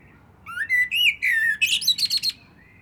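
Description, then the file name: Eurasian blackbird song: a rich warbled whistle rising and falling, finishing in a quick run of high scratchy notes. "Turdus merula"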